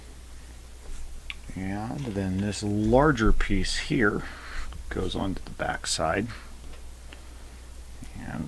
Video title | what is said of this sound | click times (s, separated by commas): Episode 3 | panel piece the govern this part of the arm and it kind of pops into place there and | 1.3 s